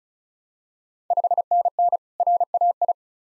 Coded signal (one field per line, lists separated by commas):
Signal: Morse code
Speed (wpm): 36 wpm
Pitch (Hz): 700 Hz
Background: none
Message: 5NN RAI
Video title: Ontario QSO Party Exchange 35wpm